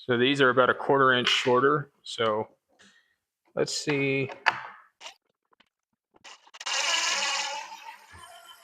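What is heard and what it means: Someone talks, then a wood screw about a quarter inch shorter is driven into a plywood desk top, with a few small ticks near 5.5–6.2 s followed by a steady buzzing drive from about 6.7 s to the end. Nothing seats or clicks; the screw strips in the desk top.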